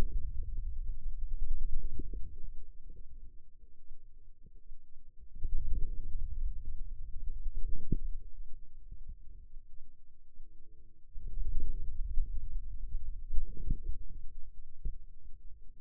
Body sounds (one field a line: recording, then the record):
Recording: forearm muscle sounds (acoustic myography)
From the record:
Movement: hand closing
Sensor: system 2, bracelet of six BSWA MPA416 microphones around the upper forearm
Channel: 2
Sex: male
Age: 22 years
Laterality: right